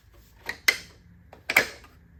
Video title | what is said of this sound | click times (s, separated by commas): Toyota Tacoma TRD Pro Grill Install with Camera ￼￼ | in or you just press down on it it's going to snap in | 0.7 s, 1.5 s, 1.6 s